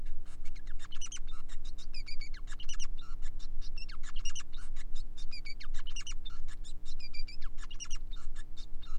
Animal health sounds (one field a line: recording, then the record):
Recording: song of a male Bengalese finch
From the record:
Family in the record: son of father 5